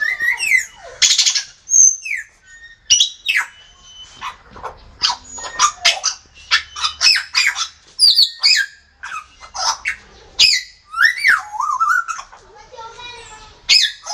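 Grey parrot calls, a rapid varied run of whistles and harsh squawks with rising and falling notes.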